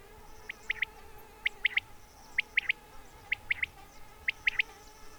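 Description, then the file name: Quail call, a sharp three-note phrase, one note then two quick ones, repeated about every second over a steady background hum. Recorded 28 June 2006. "20060628 Quail"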